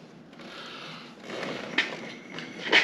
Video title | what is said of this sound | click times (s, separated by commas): Best BMW Ugrade ever?❓🤔 #bmw #bmwcar # german #youtube | I heard a click, like it popped. | 1.8 s